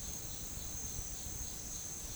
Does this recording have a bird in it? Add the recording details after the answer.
no. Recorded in pastures near Puerto Asís, Putumayo, Colombia, on 30 June 2025 at 11:30. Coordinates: 0.466, -76.322. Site GP07